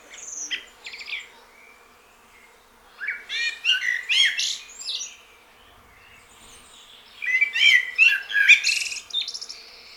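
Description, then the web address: Eurasian blackbird giving short warbled phrases with shrill, scratchy high endings, separated by short pauses. "SETE data Turdus merula"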